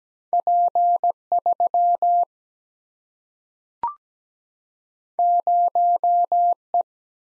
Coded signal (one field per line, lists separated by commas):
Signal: Morse code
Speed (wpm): 17 wpm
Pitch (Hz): 700 Hz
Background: none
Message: P 3 0 E